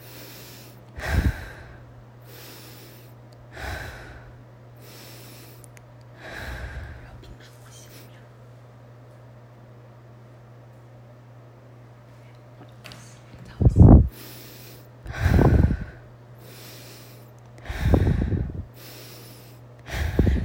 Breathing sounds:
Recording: deep breathing after running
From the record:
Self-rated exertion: light exertion (2 of 6)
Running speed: 5 miles an hour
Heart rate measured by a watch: 91 beats a minute at the start, 88 at the end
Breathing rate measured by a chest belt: 14 breaths a minute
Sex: female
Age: 30 years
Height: 160 cm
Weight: 51 kg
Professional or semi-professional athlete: no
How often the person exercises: 3 to 5 times a week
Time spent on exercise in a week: over 5 hours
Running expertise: no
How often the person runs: 3 to 5 times a week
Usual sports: running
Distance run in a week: 60 km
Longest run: 42 km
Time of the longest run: 267 minutes

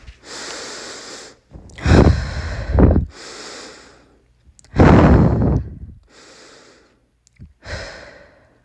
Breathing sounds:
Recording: deep breathing after running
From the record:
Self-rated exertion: vigorous exertion (4 of 6)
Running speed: 6 miles an hour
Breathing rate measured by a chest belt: 24 breaths a minute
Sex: female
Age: 18 years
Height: 171 cm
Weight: 75 kg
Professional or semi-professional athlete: no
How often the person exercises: 1 to 2 times a week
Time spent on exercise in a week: under 1 hour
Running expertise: no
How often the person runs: 1 to 2 times a week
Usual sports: running, fencing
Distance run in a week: 3 km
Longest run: 21.3 km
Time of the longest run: 190 minutes

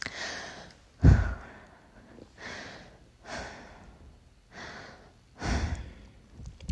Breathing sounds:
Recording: deep breathing after running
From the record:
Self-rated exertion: light exertion (2 of 6)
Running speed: 5 miles an hour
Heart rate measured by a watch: 105 beats a minute at the start, 108 at the end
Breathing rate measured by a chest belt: 12 breaths a minute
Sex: female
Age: 18 years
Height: 167 cm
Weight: 50 kg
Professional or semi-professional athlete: no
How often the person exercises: 1 to 2 times a week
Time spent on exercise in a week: 1 to 2 hours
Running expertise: no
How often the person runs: 1 to 2 times a week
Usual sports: running, walking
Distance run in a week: 1 to 2 km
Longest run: 6 km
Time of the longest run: 34 minutes

